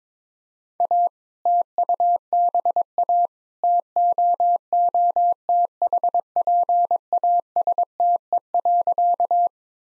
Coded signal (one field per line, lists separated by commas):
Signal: Morse code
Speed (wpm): 22 wpm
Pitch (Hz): 700 Hz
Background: none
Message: A TUBA TOOTHPASTE.